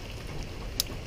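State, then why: Seated. A wiring plug connector is pushed onto a fuel injector of a 2001 Yamaha 150 HPDI outboard motor and latches with a sharp click at 0.8 s, over a low steady background hum. The connector snaps into place and is seated.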